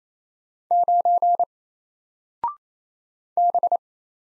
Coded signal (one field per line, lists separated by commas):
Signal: Morse code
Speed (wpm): 27 wpm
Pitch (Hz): 700 Hz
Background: none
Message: 9 B